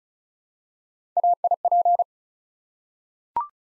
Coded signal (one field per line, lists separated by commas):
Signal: Morse code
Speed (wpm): 36 wpm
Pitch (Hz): 700 Hz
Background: none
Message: AIP